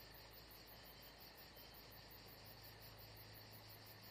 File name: Saint Jean De Luz Crickets Atmosphere Only Paul Parker Sven Jungbeck